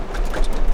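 A wiring harness plug is being handled and pushed toward the back of an aftermarket CarPlay/Android head unit for a 2007–2013 Tundra and 2008–2018 Sequoia. Soft rustling and faint plastic handling noises are heard, with no distinct click. Nothing has seated or clicked yet.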